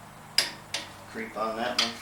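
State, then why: Torque reached. A torque wrench tightening a fastener on a 1967 Beetle engine clicks at its setting at 0.4 s, after the fastener creeps and keeps turning before the click. A second sharp tick follows at 0.7 s, then someone talks.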